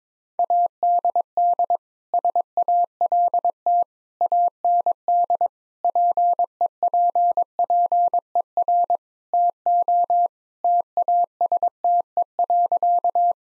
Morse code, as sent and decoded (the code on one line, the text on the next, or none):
.- -.. -.. / ... .- .-.. - / .- -. -.. / .--. . .--. .--. . .-. / - --- / - .- ... - . .-.-.-
ADD SALT AND PEPPER TO TASTE.